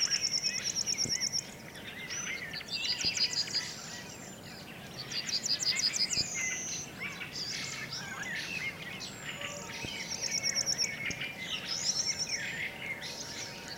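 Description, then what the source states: Yellowhammer song: rapid trains of high, dry repeated notes, phrases every few seconds, with other songbirds chirping and whistling throughout and a faint steady hum. Singing very close to the microphones on a spring morning about an hour before sunrise; song simple but strong; Swedes say it counts its chicks, the same number each time.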